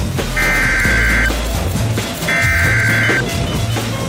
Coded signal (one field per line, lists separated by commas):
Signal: Emergency Alert System (SAME) tones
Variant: header bursts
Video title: [EAS SCENARIO] The Division #1 (READ DESC)